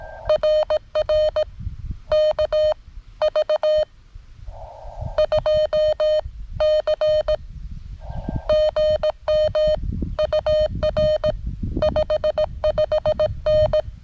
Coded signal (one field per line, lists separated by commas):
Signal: Morse code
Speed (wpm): 18 wpm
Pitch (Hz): 610 Hz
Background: none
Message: RR KV2C GM UR 55N